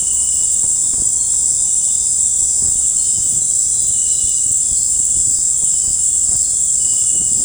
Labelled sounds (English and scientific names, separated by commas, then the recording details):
none
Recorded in dense forest near Puerto Asís, Putumayo, Colombia, on 26 December 2024 at 18:30
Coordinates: 0.481, -76.323
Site G100